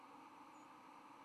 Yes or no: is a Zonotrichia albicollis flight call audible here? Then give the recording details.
no. Another species' flight call is heard. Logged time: 04:35 on 10 November 2014